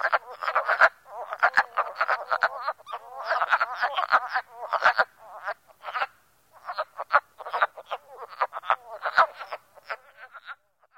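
Wood frogs clucking in a dense chorus, short raspy quacking notes overlapping in rapid bursts with brief pauses between groups.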